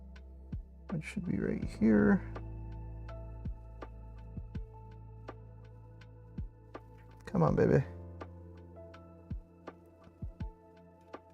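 A ground wire is pushed toward a terminal connector on the other side of the board of an LDO Box Turtle automated filament changer, but it will not go in. Someone talks over music with soft, evenly spaced beats about 0.7 s apart. The wire has not seated or clicked yet.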